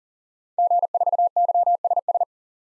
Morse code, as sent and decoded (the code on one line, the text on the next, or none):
--. ....- -.-- ... ...
G4YSS